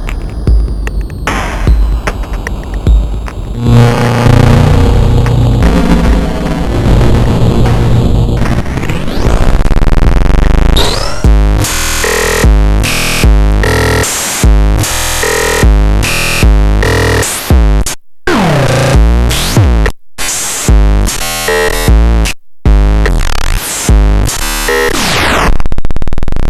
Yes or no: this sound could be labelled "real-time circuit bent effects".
yes